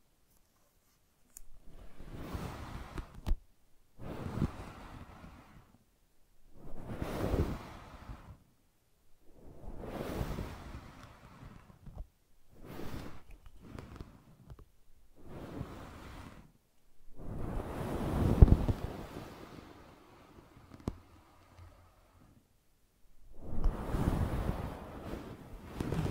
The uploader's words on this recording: ASMR Brushing and Scratching You to Sleep (No Talking).